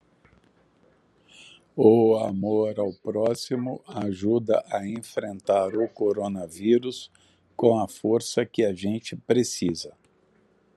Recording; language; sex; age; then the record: spoken sentence; Brazilian Portuguese; male; 60 to 69 years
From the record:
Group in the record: control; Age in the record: 62 years